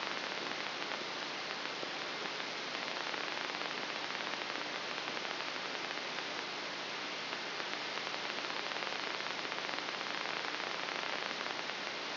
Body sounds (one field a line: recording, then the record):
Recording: brain microelectrode recording played as sound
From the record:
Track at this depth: outside the subthalamic nucleus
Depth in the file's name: 4.898 mm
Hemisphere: left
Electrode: 3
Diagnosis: Parkinson's disease